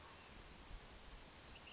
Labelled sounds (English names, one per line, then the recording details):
Ash-throated Flycatcher
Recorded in Sonoma County, California